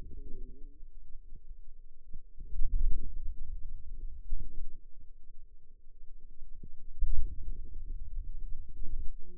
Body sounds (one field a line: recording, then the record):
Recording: forearm muscle sounds (acoustic myography)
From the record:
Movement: hand opening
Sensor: system 2, bracelet of six BSWA MPA416 microphones around the upper forearm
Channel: 2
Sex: female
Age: 21 years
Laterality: right